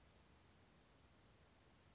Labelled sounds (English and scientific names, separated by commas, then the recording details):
California Towhee (Melozone crissalis)
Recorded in Sonoma County, California